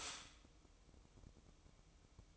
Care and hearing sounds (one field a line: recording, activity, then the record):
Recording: daily activity, microphone in the room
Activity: stop toaster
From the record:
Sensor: 1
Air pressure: 1007.2 hPa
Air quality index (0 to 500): 75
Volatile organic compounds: 1 ppm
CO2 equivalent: 659 ppm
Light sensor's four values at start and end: 7/17/7/7 and 7/17/7/7